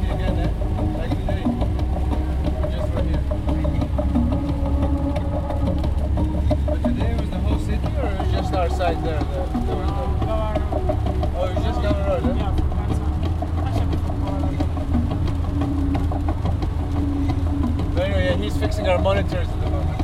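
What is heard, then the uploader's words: Inside a car riding from the airport, a steady low engine rumble runs throughout while people talk over it, voices rising now and then. Car ride from Kampala Airport. 4am.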